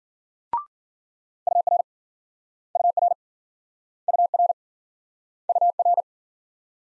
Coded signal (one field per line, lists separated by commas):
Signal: Morse code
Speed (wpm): 51 wpm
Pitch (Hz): 700 Hz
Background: none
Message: UR UR UR UR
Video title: Multi-letter Phonemes - Speed-Racing - 40wpm